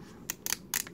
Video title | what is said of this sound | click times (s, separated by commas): Review of V-Moda Crossfade M-100 Headphones | hear that so then | 0.3 s, 0.5 s